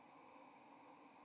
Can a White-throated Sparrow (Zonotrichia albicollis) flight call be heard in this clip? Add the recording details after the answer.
no. Another species' flight call is heard. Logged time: 08:45 on 30 October 2014